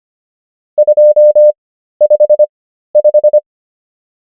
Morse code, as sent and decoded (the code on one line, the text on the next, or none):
..--- ..... .....
255